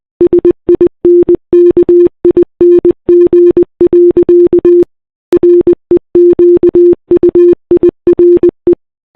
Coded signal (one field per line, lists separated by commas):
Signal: Morse code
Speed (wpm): 20 wpm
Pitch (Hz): 350 Hz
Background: none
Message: SINKING. REQUIRE